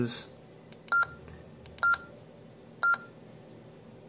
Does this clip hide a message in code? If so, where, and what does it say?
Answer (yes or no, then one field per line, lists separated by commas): no